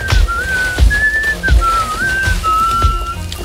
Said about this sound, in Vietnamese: Làm sao hắn có thể huýt sáo được chứ?